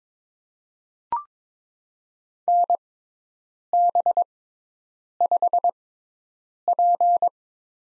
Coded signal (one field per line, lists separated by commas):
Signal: Morse code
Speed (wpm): 22 wpm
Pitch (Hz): 700 Hz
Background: none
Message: NB5P